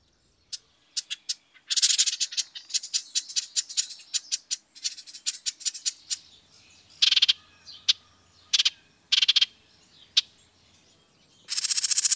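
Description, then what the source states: Bird making scattered sharp clicks mixed with bursts of harsh, buzzy chatter, irregular in rhythm, ending in a long rasping note. Described as a bird from abroad.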